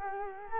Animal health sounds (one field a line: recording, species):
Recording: mosquito wingbeat signal from an infrared sensor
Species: Culex quinquefasciatus